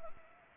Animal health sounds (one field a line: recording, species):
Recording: mosquito wingbeat signal from an infrared sensor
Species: Anopheles gambiae